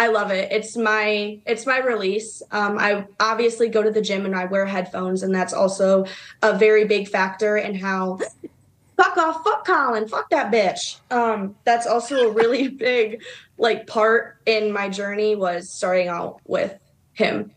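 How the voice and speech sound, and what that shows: An adult woman with Tourette syndrome speaks fluently about exercise, which helps her symptoms. She then breaks off mid-sentence with a rapid burst of unrelated swearing before picking up her sentence again. These are involuntary vocal tics with coprolalia. Her symptoms worsened during COVID.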